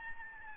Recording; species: mosquito wingbeat signal from an infrared sensor; Aedes albopictus